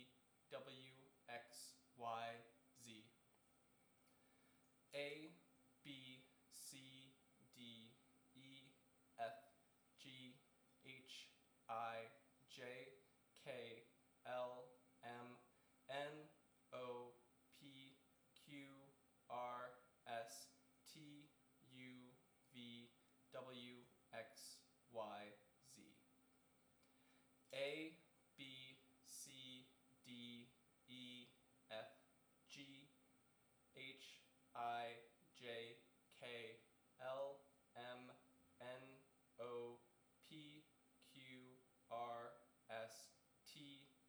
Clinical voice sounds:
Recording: letters of the alphabet, spoken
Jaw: free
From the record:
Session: seven days later

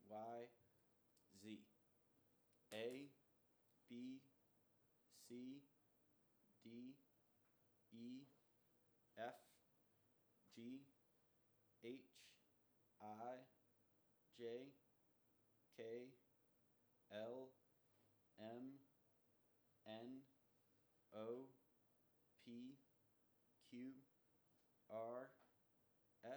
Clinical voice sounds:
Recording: letters of the alphabet, spoken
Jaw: free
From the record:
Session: first day, before the bite bar

